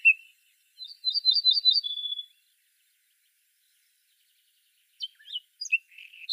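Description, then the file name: Eurasian blackcap calls: one quick note, a rattling trill of over a second, silence, then a few scratchy notes. "Sylvia atricapilla"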